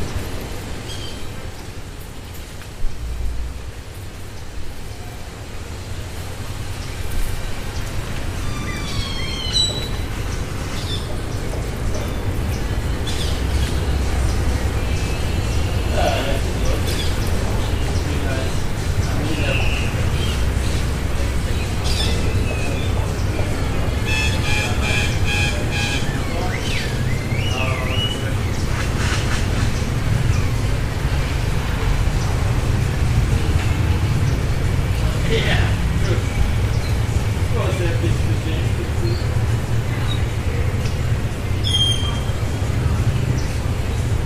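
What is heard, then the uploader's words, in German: Birds sing their evening songs in scattered chirps and short trills, with bursts of quick repeated notes around the middle. Underneath, a steady low rumble like passing traffic swells after about ten seconds and stays. Faint voices appear now and then. Abendstimmung am Pazifik.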